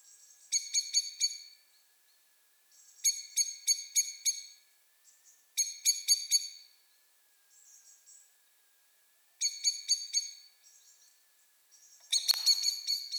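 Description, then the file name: Common blackbird calls: five bursts of fast, ringing chink notes, each about a second long, separated by pauses of a couple of seconds. "Turdus merula"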